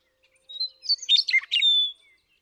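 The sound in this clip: Western meadowlark song: clear whistled opening notes, then a quick tumbling jumble of downslurred notes, ending in a sustained high whistle.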